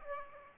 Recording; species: mosquito wingbeat signal from an infrared sensor; Aedes aegypti